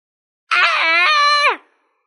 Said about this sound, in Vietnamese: Phượng Thiên Tiên Sứ gào thét một tiếng, trong lòng càng phẫn hận tới cực điểm.